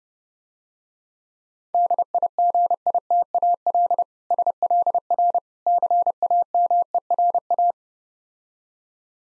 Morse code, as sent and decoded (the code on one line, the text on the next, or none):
-.. .. --. .. - .- .-.. / ... .-.. .-. / -.-. .- -- . .-. .-
DIGITAL SLR CAMERA